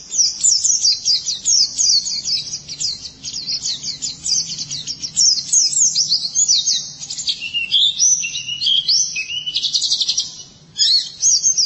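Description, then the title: White-eye song of fast, jumbled high twitters and sweet warbled notes, pouring out steadily, with a short pause near the end before the singing resumes. "Kicauan Burung Pleci"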